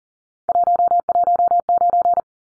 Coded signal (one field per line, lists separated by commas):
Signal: Morse code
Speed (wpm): 40 wpm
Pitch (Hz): 700 Hz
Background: none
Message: 119